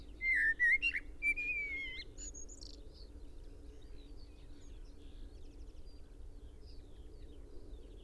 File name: Turdus merula